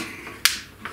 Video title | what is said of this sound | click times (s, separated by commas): CNC Router Electrical build SainSMART Genmitsu PROVerXL 6050 Plus | snaps back in very easy make | 0.5 s